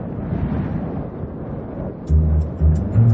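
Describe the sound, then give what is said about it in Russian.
A low, steady rush of wind along a street, then abruptly swelling into a few strong, sharp gusts near the end, each surge louder and deeper than the background. “Дунул откуда-то резкий порыв ветра и принес с собой аккуратный клочок бумажки.”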